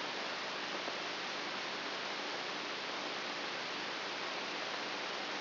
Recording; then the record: brain microelectrode recording played as sound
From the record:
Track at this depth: outside the subthalamic nucleus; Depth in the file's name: 6.84 mm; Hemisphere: right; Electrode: 3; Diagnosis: Parkinson's disease